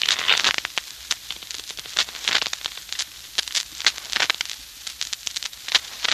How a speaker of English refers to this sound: The sound of shuffling cards can be dangerous music to certain ears, particularly to Mark Easy's.